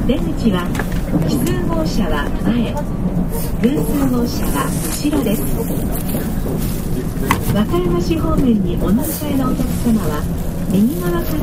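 A ride on the section from Rinku Town to Namba, with people talking almost without pause over a steady low rumble that holds an even level throughout. Brief ticks and rattles flicker through now and then, around 0.8, 3, and 7 seconds.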